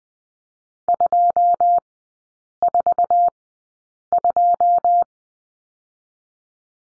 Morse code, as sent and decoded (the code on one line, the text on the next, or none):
..--- / ....- / ..---
2 4 2